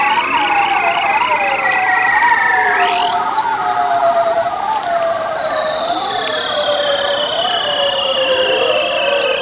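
Bearded seal trill: wavering, warbling tones jump up into a long, high sweep that descends slowly over several seconds, with overlapping lower trills and constant background hiss.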